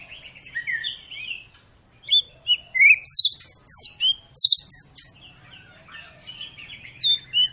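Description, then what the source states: White-rumped shama song, high bright whistles and chirps in quick varied phrases over a faint low hum. Long lure song used to make other birds sing.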